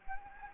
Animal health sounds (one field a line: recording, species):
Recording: mosquito wingbeat signal from an infrared sensor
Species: Anopheles gambiae